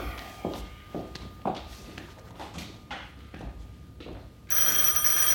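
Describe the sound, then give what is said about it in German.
Soft footsteps shuffle along for a few seconds, then a loud, bright telephone bell suddenly starts ringing, a sustained high metallic trill that cuts in at the end. “Das Telefon.”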